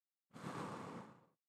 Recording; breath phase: one breath near a microphone; exhalation